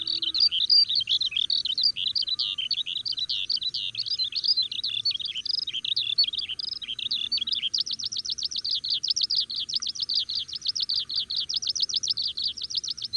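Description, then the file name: Oriental skylark giving an unbroken, high twittering warble that turns into a faster, thinner trill of rapid repeated notes in the second half. "alauda gulgula"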